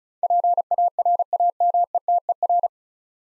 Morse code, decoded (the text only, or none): PARAMETER